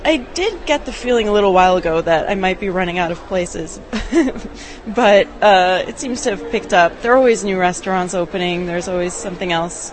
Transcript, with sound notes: “I did get the feeling a little while ago that I might be running out of places. [laughs] But it seems to have picked up, there are always new restaurants opening, there’s always something else